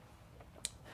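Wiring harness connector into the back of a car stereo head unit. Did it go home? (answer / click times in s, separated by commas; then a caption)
yes / 0.6 s. A larger plastic multi-pin wiring harness connector is pushed into the back of an aftermarket car stereo head unit in a 4Runner. After a faint tick at 0.4 s, one sharp, bright click at 0.6 s shows the connector snapping in and seating.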